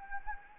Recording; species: mosquito wingbeat signal from an infrared sensor; Anopheles arabiensis